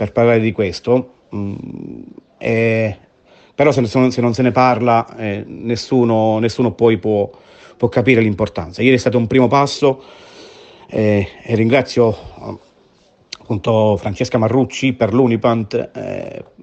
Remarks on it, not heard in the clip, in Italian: Un po' di balbetto, balbuzia.